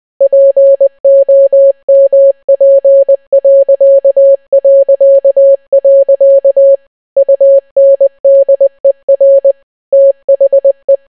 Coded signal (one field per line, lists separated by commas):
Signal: Morse code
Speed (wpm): 20 wpm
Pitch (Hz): 550 Hz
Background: none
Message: POMP... UNDER THE